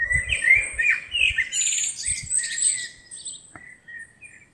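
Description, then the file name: Eurasian blackbird warbling phrase with a high squeaky ending, accompanied by low thudding knocks early on, then a short thin note. "Turdus merula"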